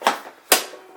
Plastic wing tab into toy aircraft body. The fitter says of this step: those will lock into place and hold your wings nice and tight